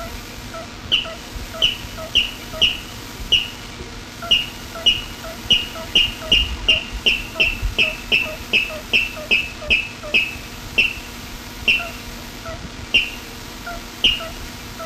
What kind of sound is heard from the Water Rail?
song